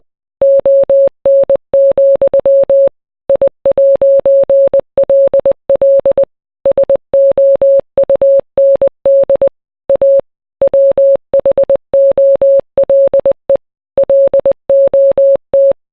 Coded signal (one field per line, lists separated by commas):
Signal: Morse code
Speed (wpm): 20 wpm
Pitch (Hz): 550 Hz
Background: none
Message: ON, I'LL SOUND A WHOLE LOT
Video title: Drake - Passionfruit (MORSE CODE VERSION)